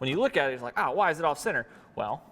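Someone talks while handling the plastic hose end coupling of a Ryobi 40V Shop-Vac at its off-centre vacuum inlet, which has a small pin on top so the hose pops on and twists to lock in place. Nothing has seated or clicked yet; the hose is not yet home.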